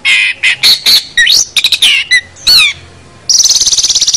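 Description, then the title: Bird calling with varied harsh squawks and upward-sweeping whistled notes, ending in a rapid buzzy trill. "Kicau Burung Yoi"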